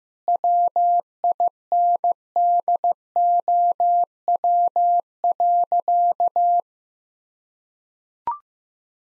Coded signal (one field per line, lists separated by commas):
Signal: Morse code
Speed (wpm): 15 wpm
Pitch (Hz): 700 Hz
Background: none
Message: WINDOW.